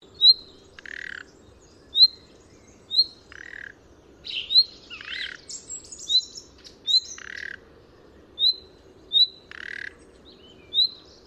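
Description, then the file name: Common nightingale song: short sharp whistled notes repeated at intervals, broken by buzzy, grating phrases, over a low steady hum. "Luscinia megarhynchos"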